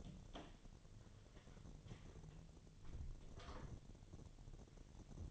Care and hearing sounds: daily activity, microphone in the room; close door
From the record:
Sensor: 4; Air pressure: 1008.1 hPa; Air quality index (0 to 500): 182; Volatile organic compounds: 5 ppm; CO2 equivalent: 1820 ppm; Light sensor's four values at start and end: 23/72/27/26 and 24/75/28/28

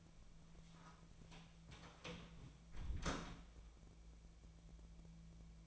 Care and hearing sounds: daily activity, microphone in the room; close door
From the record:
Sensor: 1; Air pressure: 1000.5 hPa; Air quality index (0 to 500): 186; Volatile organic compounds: 5 ppm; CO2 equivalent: 1720 ppm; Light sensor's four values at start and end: 12/28/12/13 and 11/27/11/13

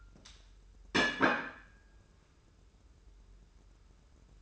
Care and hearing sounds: daily activity, microphone in the room; place plate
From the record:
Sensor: 2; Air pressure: 994.3 hPa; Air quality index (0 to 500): 210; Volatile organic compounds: 1000 ppm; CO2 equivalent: 6928 ppm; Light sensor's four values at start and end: 51/120/50/50 and 62/144/60/61

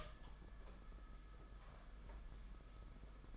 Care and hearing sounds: daily activity, microphone in the room; open door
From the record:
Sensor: 5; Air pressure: 991.8 hPa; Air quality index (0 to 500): 132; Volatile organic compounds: 78 ppm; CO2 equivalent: 3589 ppm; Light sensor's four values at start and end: 33/111/41/44 and 33/111/41/44

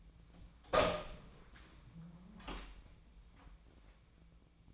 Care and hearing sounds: daily activity, microphone in the room; open door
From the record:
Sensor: 1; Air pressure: 1009.2 hPa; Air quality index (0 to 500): 190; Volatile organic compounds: 4 ppm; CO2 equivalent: 1596 ppm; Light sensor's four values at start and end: 35/95/39/46 and 35/95/39/46

